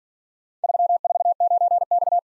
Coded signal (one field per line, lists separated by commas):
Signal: Morse code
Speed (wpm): 46 wpm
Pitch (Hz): 700 Hz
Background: none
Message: 349X